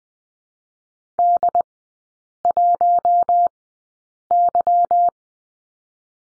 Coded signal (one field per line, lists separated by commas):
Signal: Morse code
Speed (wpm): 21 wpm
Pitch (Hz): 700 Hz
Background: none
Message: D1Y